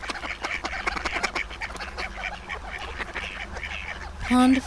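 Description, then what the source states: Ducks chattering in overlapping quacks, followed by a loud, steady harmonic honk near the end. Flock of ducks on a pond.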